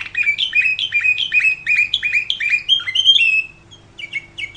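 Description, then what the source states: Canary song: fast rolls of repeated bright notes, stepping up to higher whistled phrases, then a brief pause before softer notes. Champion canary.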